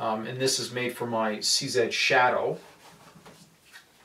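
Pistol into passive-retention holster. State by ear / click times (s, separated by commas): not seated / none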